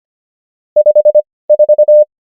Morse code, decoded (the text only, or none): 54